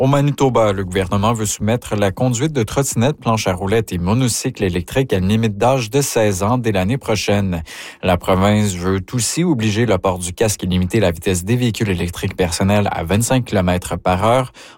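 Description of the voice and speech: Clear, fluent French from one adult male newsreader at an even pace, with normal voice quality.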